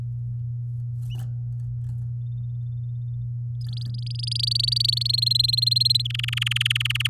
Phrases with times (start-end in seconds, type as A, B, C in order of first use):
1.10-1.11 A, 3.61-5.20 B, 5.22-6.07 C, 6.10-7.07 D